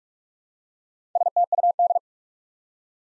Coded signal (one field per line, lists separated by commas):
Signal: Morse code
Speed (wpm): 44 wpm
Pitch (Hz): 700 Hz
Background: none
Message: STUD